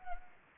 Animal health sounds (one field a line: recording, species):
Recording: mosquito wingbeat signal from an infrared sensor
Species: Anopheles arabiensis